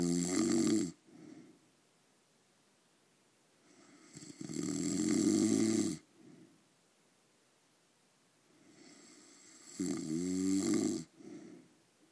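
Three loud, rough, rattling snores sound on the in-breaths, about 12 a minute, each followed by a softer breath out and a quiet pause. The steady, vibrating noise is typical snoring, caused by the soft tissues of the throat fluttering during sleep.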